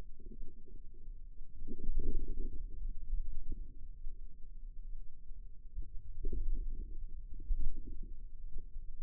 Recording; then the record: forearm muscle sounds (acoustic myography)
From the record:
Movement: inward rotation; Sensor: system 2, bracelet of six BSWA MPA416 microphones around the upper forearm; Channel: 3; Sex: female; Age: 22 years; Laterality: right